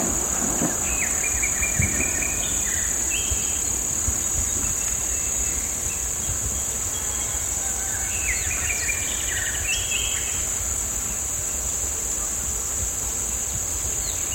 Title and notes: Grabación en un cerro a las afueras de San Cristóbal, se escuchan las aves, las cigarras. San Cristóbal de Las Casas, Chiapas, mayo 2021